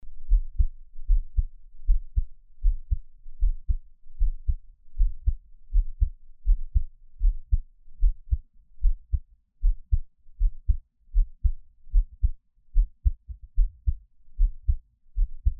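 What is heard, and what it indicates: A gentle, calm adult heartbeat heard close up: steady, soft low-pitched thumps at about 76 beats per minute, with no talking.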